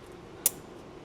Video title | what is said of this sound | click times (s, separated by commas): Making My Drift C5 Corvette Bulletproof | And then it's just a nice, easy pop into place. And now it's locked in. | 0.5 s